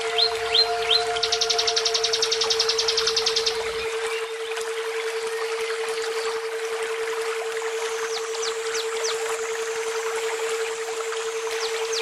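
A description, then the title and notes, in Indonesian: Nature sounds with a bird calling: a few short falling chirps open, then a fast, bright rattling trill runs from about one to three and a half seconds, and thin sweeping chirps return near the end. A steady mid-pitched hum continues throughout, over a soft low rumble early on. Kombinasi suara alam dan burung betina.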